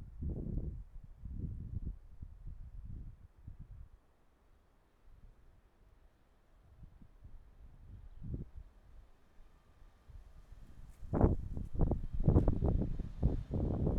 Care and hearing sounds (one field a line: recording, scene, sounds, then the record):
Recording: everyday scene through a hearing-aid microphone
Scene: wind on the microphone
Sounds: wind, traffic, birds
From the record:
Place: suburban garden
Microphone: behind the ear, right, front